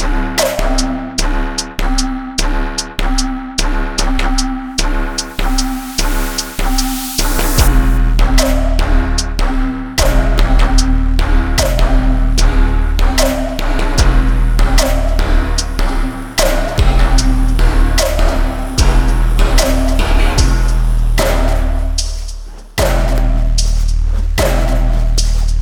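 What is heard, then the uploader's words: Blowing in short, quick sequences of pulsed tones, evenly spaced, for the first seven seconds or so. Deeper, longer held blows then join beneath, repeating about every two seconds, with a brief fade and drop near 22 seconds before resuming. This recording was the sound of blowing your breath into a bottle, using it as a kind of resonator. I recorded him blowing in sequences and longer blows.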